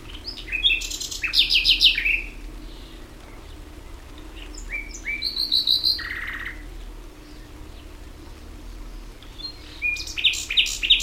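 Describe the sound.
Common nightingale song in separated phrases of fast high notes and trills, with a harsh buzzy note and long quiet pauses between bursts.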